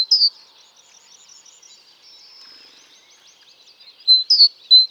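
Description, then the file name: Great tit notes, bright whistles at the start and again near the end, with faint twittering between. "Parus major"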